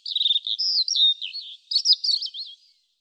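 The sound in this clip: European robin song, one continuous high phrase of warbled whistles and quick twittering trills that ends in a soft fading note.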